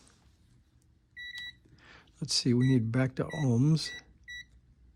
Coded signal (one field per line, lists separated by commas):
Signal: none